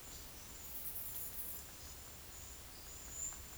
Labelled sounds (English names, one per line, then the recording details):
none
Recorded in secondary vegetation near Puerto Asís, Putumayo, Colombia, on 4 March 2025 at 12:30
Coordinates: 0.500, -76.326
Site GP04